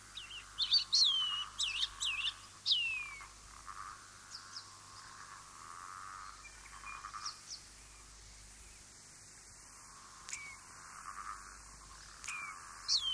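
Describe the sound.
Shining bronze cuckoo whistles, high and down-slurred, in a short burst at the start, then sparse fainter notes returning near the end.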